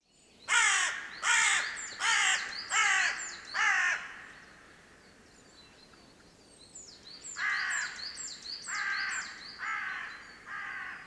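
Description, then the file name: Carrion crow giving a run of five harsh, hoarse caws, a pause, then several weaker caws. "Corvus corone"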